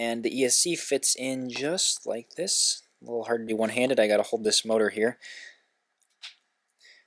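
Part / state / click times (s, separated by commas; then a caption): ESC board into 3D printed mount / seated / 6.0 s. Someone talks while pressing an ESC board into a custom 3D printed plastic mount on a drone arm of a 12S 490KV X-Class build, holding the motor with the other hand. A faint click at 6.0 s is followed by softer handling sounds, and the ESC is seated in the mount.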